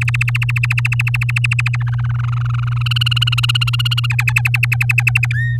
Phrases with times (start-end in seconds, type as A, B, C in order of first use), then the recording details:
0.01-1.76 A, 1.79-2.83 B, 2.86-4.06 C, 4.10-5.26 D, 5.33-5.57 E. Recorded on 8 May 2018 at 16:08. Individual llb16